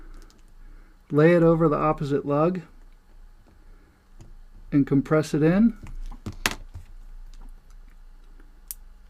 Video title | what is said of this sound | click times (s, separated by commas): How To Install A NATO Strap & Cincy Strap Works Review | let the spring bar snap into place on the other hole | 6.5 s